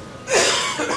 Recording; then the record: coughing mixed with background sound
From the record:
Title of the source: Spring Cold Coughing 2